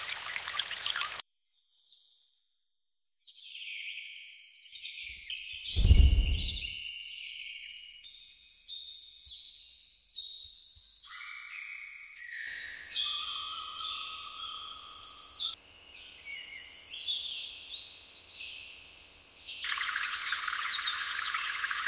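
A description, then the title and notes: Rainforest birdsong and insects: many high, chirping calls overlap and shift throughout, with a sustained whistling tone around the middle. A hiss opens and closes the recording, a brief silence follows the start, and a single low thump lands near six seconds. In the rainforest.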